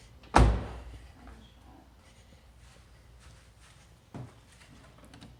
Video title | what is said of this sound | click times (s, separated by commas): Can you replace your car's belt yourself? | pull that latch you'll hear it go put | 0.4 s